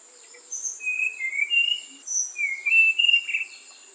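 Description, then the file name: Tanahjampea blue flycatcher giving sweet whistled phrases, short notes sliding up and down in two bursts, over a steady high-pitched insect drone. "sikatan tanahjampea"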